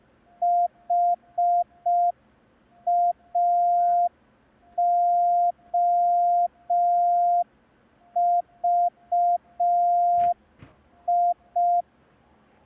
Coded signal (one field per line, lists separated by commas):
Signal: Morse code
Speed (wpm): 5 wpm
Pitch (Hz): 700 Hz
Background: none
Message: HAOVI